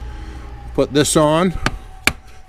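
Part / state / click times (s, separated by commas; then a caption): plastic cover over rear shock mount in car interior trim / seated / 2.1 s. On a 2014 Chevy Spark, after the rear shock top nut is tightened, a plastic cover over the rear shock mount in the car's interior trim is pushed on by hand while someone talks. A single sharp snap at 2.1 s marks the cover seating in place.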